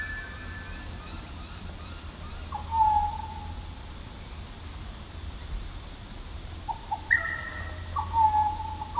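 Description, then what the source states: Pied Butcherbird song: a few soft, pure whistled notes with downward slides, spaced by pauses, over a steady low hum. Mirima National Park near Kununurra, Australia.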